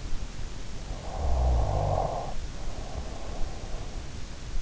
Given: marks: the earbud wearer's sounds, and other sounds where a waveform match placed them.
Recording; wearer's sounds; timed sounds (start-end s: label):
sounds in sleep by an in-ear microphone; snoring breath
0.94-3.99 s: snoring breath